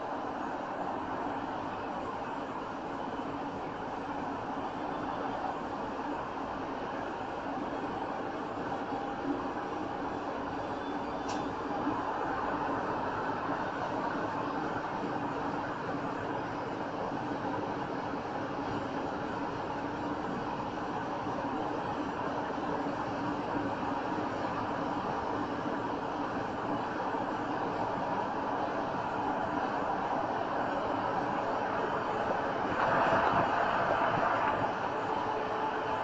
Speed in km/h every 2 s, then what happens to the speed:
64, 66, 69, 69, 74, 77, 79, 82, 82, 84, 85, 85, 85, 87, 89, 89, 89, 89.
0-14 speeds up to 82. 14-36 steady at about 85.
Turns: none.